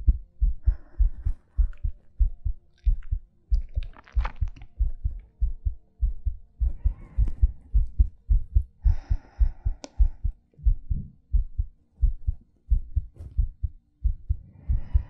ASMR Heartbeat Breathing.